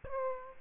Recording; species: mosquito wingbeat signal from an infrared sensor; Aedes aegypti